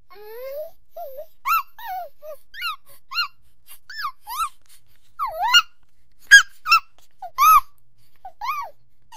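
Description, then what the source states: Bear cub giving thin, squeaky whimpers that rise and fall, in short bursts every second or so, growing louder in the second half. Very young bear cub.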